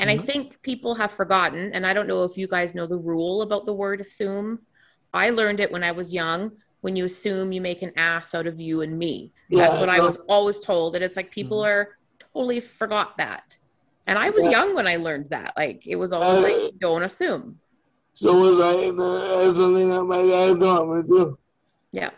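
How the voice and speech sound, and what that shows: A woman talks conversationally in a small room, with clear, steady voicing, natural pitch rises and falls, and an ordinary speaking rate. Brief pauses and a few fillers occur, as in typical casual speech. No stuttering, slurring, or voice disorder is heard.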